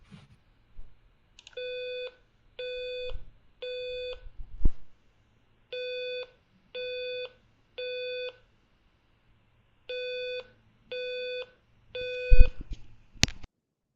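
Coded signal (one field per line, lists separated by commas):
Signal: alarm pattern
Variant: low-frequency 520 Hz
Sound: three sets of three low buzzy beeps, each about half a second, with pauses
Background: room noise, handling sounds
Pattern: temporal three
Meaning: Temporal three pattern signals fire, evacuate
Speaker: that's why I'm calling it the low frequency harmonic tone here.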